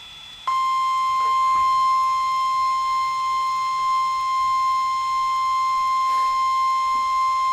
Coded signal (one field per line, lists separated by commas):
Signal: Emergency Alert System (SAME) tones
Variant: 1050 Hz attention tone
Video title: NOAA Weather Radio: Severe Thunderstorm Warning(s) (EAS #16-17)